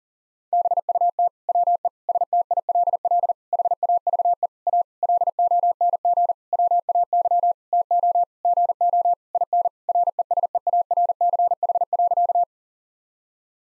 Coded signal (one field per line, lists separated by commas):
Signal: Morse code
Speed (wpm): 40 wpm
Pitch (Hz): 700 Hz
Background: none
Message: BUT WE STILL HAVE A LONG WAY TO GO IN RESEARCH.